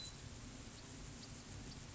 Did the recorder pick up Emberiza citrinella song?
no